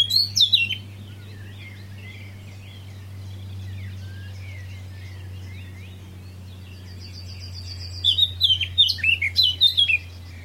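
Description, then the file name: Eurasian blackcap giving rapid, bright warbled phrases in two bursts, one at the start and another near the end, over a steady low hum. "Sylvia atricapilla"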